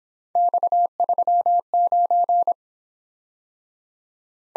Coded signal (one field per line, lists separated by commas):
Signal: Morse code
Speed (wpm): 26 wpm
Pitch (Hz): 700 Hz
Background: none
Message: X39